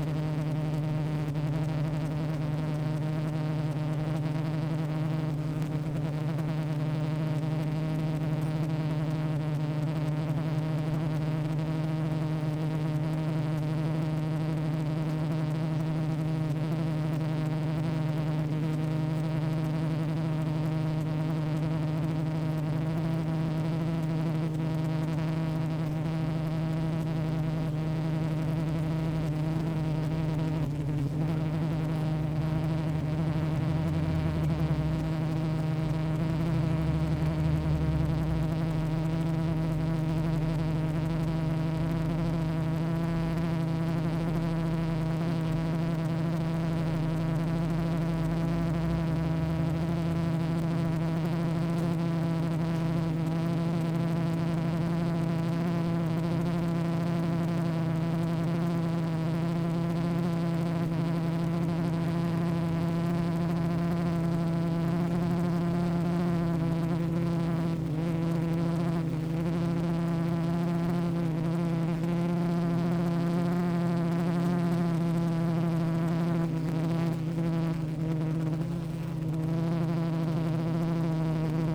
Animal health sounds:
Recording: honeybee colony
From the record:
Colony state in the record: active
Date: 28 July 2017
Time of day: 15:08

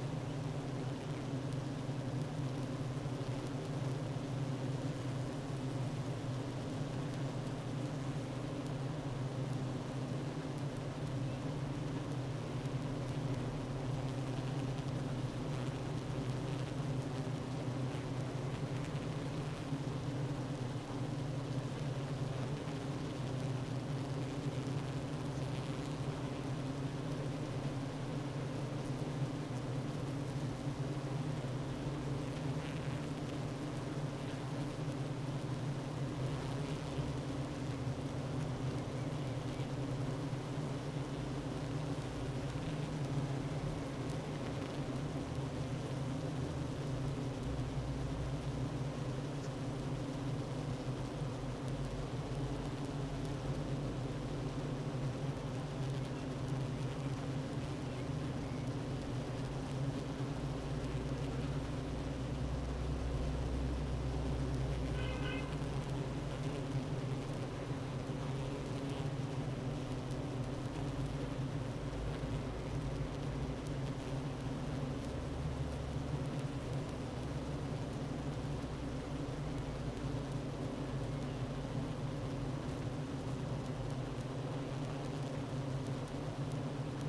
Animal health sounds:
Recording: honeybee colony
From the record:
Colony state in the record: active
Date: 12 June 2018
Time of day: 9:34

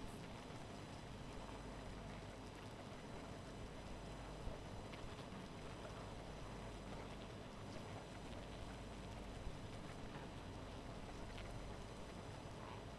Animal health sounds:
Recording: honeybee colony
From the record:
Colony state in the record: missing queen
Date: 14 July 2017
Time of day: 2:23

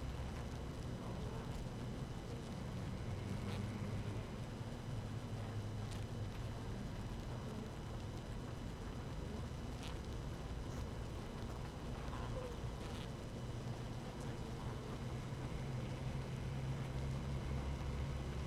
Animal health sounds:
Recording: honeybee colony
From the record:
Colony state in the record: active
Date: 12 June 2018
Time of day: 6:08

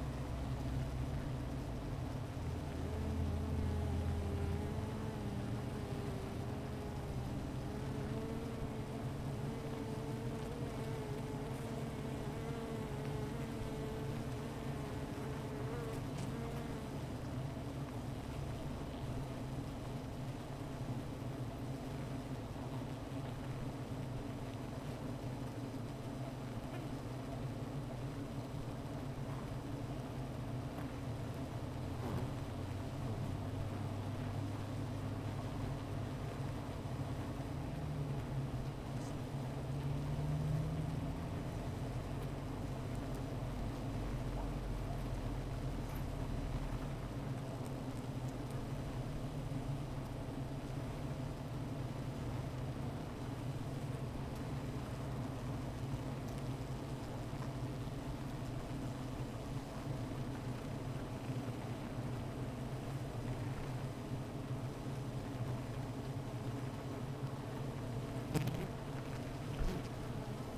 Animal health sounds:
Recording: honeybee colony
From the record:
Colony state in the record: missing queen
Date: 14 July 2017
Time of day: 15:30

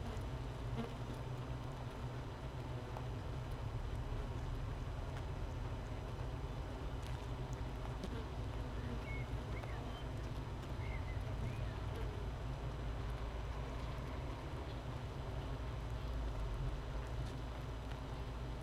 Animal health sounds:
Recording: honeybee colony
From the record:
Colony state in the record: missing queen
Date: 31 May 2018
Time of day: 13:56

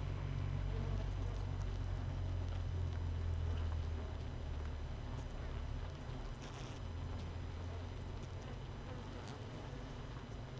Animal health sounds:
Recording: honeybee colony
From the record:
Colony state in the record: missing queen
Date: 31 May 2018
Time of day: 5:38

